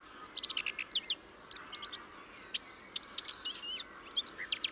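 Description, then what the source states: Bird giving quick bright chirps and downslurred whistles, with a soft low whistle near the end among busy varied notes. Described as hyper-imitative.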